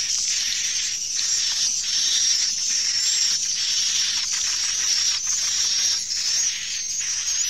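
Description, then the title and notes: Swiftlet chirping in a continuous high, hissy wash of twitters with a faint steady whistle, chirp bursts spaced irregularly. Swiftlet sound used in bird farming in Asia. "Swiflet Bird Sound. Farming Swiflet Bird asia sound"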